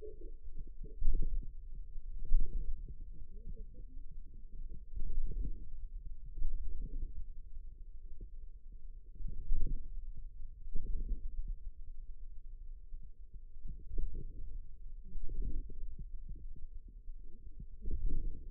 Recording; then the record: forearm muscle sounds (acoustic myography)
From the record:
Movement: radial deviation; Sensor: system 2, bracelet of six BSWA MPA416 microphones around the upper forearm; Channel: 4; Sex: female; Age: 21 years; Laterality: right